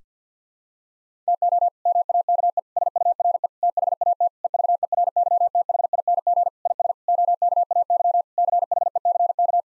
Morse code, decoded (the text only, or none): TO MAKE SURE THAT EVERYTHING IS OKAY CHECK